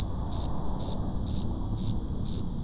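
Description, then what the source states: Cricket chirps, bright high-pitched pulsed bursts evenly spaced about half a second apart, with a faint constant tone and soft low noise. Crickets at Cerro Gordo, León, Guanajuato, Mexico, 18 April 2019, 9:19 p.m.; recorded close to several crickets with a Tascam DR-05X built-in microphones and WS-11 windshield.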